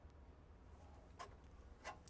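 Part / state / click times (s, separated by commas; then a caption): refrigerator door latch on an RV fridge / seated / 2.1 s. The refrigerator door of a 2025 Jayco Jay Flight SLX 210QB RV is closed over a low steady hum, with short bright ticks at about 1.2 s and 1.9 s. The door's travel latch clicks shut at 2.1 s, showing the door is fully closed and secured for travel.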